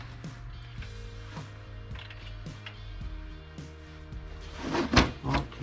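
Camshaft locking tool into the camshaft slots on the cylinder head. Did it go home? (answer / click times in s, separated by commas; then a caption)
no / none. A camshaft locking tool is fitted to the cylinder head of a Renault Laguna II 1.8 16V and lined up with the camshaft slots at the bottom, with faint music playing throughout. A few light metallic taps and scrapes are heard, with a louder knock near 5.0 s. The tool fails to drop into the slots, and nothing has seated or clicked yet.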